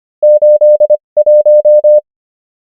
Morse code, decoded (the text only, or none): 81